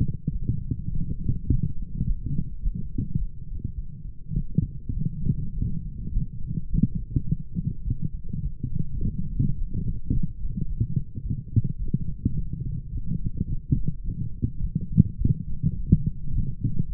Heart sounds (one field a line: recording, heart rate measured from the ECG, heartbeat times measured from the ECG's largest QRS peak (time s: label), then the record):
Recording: heart sounds by stethoscope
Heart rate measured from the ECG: 105 bpm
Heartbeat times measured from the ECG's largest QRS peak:
0.30 s: heartbeat
0.89 s: heartbeat
1.46 s: heartbeat
2.03 s: heartbeat
2.59 s: heartbeat
3.15 s: heartbeat
3.73 s: heartbeat
4.32 s: heartbeat
4.92 s: heartbeat
5.51 s: heartbeat
6.09 s: heartbeat
6.66 s: heartbeat
7.24 s: heartbeat
7.82 s: heartbeat
8.40 s: heartbeat
8.98 s: heartbeat
9.54 s: heartbeat
10.09 s: heartbeat
10.65 s: heartbeat
11.20 s: heartbeat
11.77 s: heartbeat
12.33 s: heartbeat
12.89 s: heartbeat
13.45 s: heartbeat
14.01 s: heartbeat
14.59 s: heartbeat
15.16 s: heartbeat
15.73 s: heartbeat
16.30 s: heartbeat
16.86 s: heartbeat
From the record:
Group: healthy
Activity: light exercise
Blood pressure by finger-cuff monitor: 133/76 mmHg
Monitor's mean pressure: 93 mmHg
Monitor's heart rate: 105 bpm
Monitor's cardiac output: 8.6 L/min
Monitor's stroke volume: 82 mL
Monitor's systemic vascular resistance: 800 dyn s/cm5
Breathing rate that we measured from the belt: 16 breaths a minute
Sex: female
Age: 26 years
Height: 165 cm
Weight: 55 kg